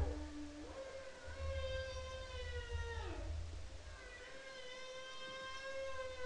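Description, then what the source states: Humpback whale singing drawn-out harmonic tones: a level moan that bends downward, then a slowly rising, sustained cry, with low rumble underneath. Humpback whale, Bering Strait, 5 October 2009.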